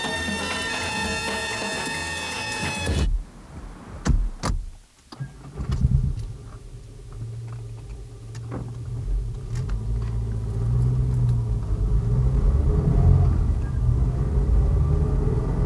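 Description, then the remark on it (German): After a few seconds of sustained tones, a couple of sharp clicks and thumps give way to a car engine turning over, then a steady low rumble as the vehicle drives on. “Aber steigen Sie ein, das Auto wartet.”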